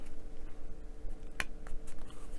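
A small plastic handle piece is pressed into its mounting on a scale-model truck dashboard, giving one sharp click at 1.4 s, followed by a few fainter ticks. The handle is confirmed seated in place.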